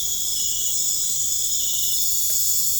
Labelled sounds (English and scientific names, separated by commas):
none